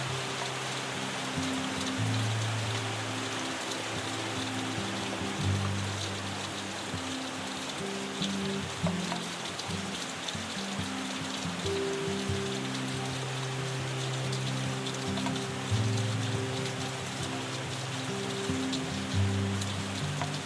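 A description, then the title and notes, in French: Gentle rain falls steadily throughout, a dense, even hiss of drops spread across the highs. Underneath, a soft, slow melody of low sustained tones shifts pitch every second or two, continuing without a break for the whole twenty seconds. Cet épisode associe les sons apaisants d'une pluie douce avec des mélodies calmantes.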